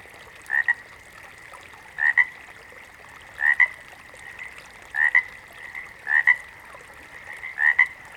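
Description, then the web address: Water frog giving six double-pulsed croaks, each a quick pair of rasping notes, repeated about every one and a half seconds over a constant background hum. "Sounds of Nature Collection. Water Frogs"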